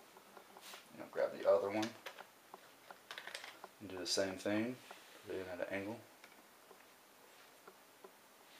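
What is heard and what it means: Someone talks while lining up a second RAM module at an angle with the memory slot of an Apple MacBook Pro, ready to slide it in and press it down. A quick run of small, light taps and scrapes comes at about 3.1 to 3.6 s, with a few faint handling ticks later. Nothing has seated or clicked yet.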